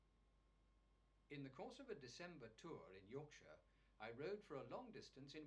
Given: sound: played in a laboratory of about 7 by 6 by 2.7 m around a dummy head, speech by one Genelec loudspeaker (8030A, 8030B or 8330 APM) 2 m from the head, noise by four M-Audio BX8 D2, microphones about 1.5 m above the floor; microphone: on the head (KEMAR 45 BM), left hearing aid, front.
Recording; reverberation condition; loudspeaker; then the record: male speech in English; low; 60 degrees to the left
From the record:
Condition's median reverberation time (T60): about 310 ms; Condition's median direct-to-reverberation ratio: about 3.5 dB